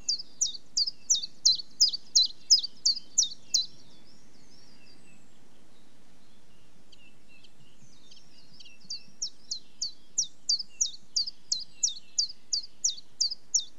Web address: Complete 60 CDs Collection Sound Effects Library. Chiffchaff with distant bullfinch, wren, and sheep on slightly windy day